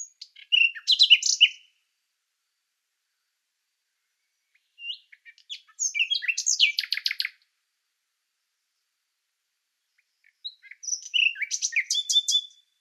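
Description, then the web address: Common nightingale singing three separate phrases of sharp, varied high notes and rapid rattling trills, each burst lasting about one to two and a half seconds with silent pauses between. "Schulze Peter Common Nightingale song"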